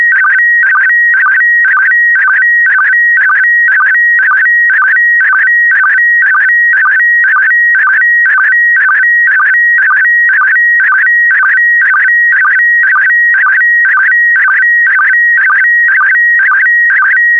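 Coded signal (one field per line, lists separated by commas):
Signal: SSTV (slow-scan television)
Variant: PD120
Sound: continuous warbling tone with steady rhythmic chirps about twice a second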